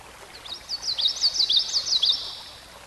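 Songbird song: quick high twittering, many short slurred notes tumbling together for about two seconds, with faint hiss behind.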